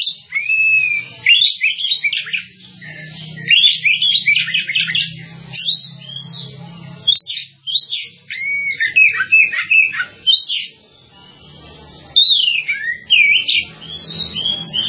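Bird singing rapid, chattering runs of sweeping whistles and twittering notes, with brief gaps between bursts and a soft low hum underneath.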